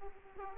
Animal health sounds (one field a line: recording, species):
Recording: mosquito wingbeat signal from an infrared sensor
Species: Aedes aegypti